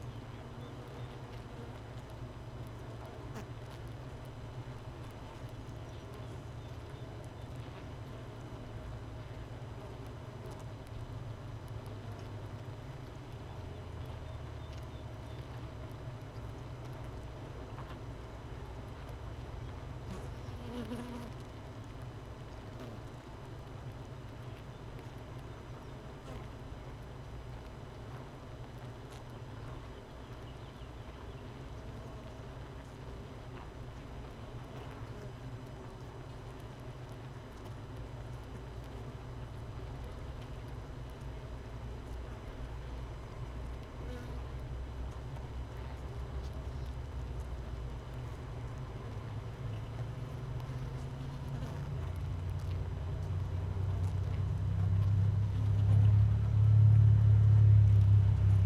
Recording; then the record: honeybee colony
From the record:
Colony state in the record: missing queen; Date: 31 May 2018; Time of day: 13:52